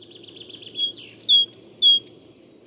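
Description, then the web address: Great tit: a rapid buzzy rattle opens, followed by several crisp high-low whistled phrases. "SETE data Parus major"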